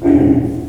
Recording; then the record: squeal of a Yucatan mini pig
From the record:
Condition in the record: before surgery on the right vocal fold (resection and tissue-engineered implant); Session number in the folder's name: 2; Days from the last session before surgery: -15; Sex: female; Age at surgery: 19 weeks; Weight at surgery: 25 kg